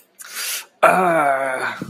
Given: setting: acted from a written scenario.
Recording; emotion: vocal sound without words; pain